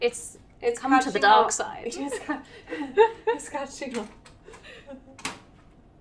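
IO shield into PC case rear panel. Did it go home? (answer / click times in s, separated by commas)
yes / 5.2 s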